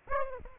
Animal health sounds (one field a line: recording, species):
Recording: mosquito wingbeat signal from an infrared sensor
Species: Aedes aegypti